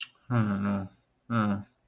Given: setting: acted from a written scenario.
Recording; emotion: vocal sound without words; sympathy